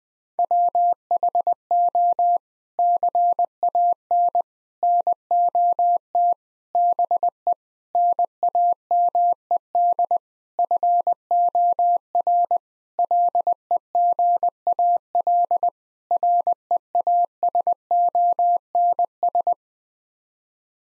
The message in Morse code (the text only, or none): WHO CAN NOT BE NAMED FOR LEGAL REASONS